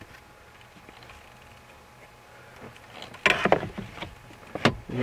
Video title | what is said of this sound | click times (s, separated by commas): Chevy Impala heater blows cold air on driver side, blend door actuator location and fix | snap into place got | 3.3 s, 3.5 s, 4.6 s